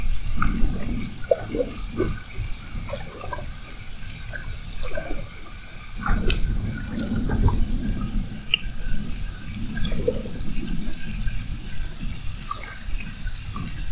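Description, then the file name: Spinner dolphin whistles, numerous short high upswept tones throughout, over low underwater noise with scattered clicks. Whistles, recorded at Fernando de Noronha. "Sons rotadores FN assovios"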